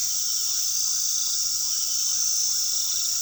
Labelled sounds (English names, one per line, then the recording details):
none
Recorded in pastures near Puerto Asís, Putumayo, Colombia, on 19 February 2024 at 21:00
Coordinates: 0.468, -76.328
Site G6414